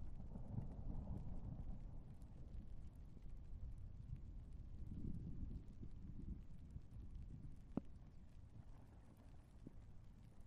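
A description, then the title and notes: Rain falls steadily under a heavy, grumbling low rumble that swells around two and five seconds and eases toward the end. Scattered drips and taps tick over the top, with a sharp knock near the eighth second and another shortly after. Heavy Rain and Thunder. Light to Heavy rainstorm with grumbling thunder. All Raw and mixed audio recorded on: Focusrite Scarlett CM25, Focusrite Scarlett 2i2 Audio interface.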